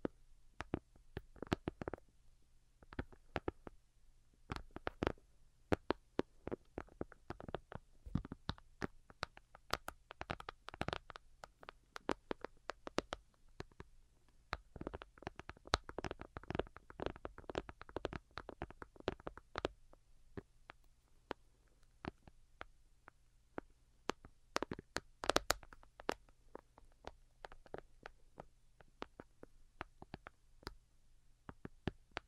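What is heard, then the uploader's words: Delicate tapping made of quick, light clicks and taps arriving in irregular clusters throughout, thickest between about 10 and 20 seconds and sparser near the end. A low, steady hum runs underneath the whole time. Most Delicate and Calming Tapping. (No Talking).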